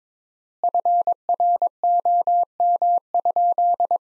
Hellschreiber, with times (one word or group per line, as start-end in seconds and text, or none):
none